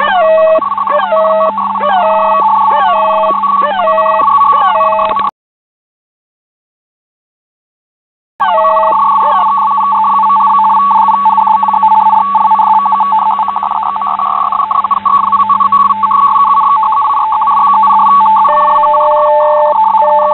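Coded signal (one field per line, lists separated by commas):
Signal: unidentified radio signal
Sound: rapid warbling two-tone data chirping near 1 kHz with a low hum, brief silence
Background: radio static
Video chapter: 00:00 - Unknown FSK (4311 kHz)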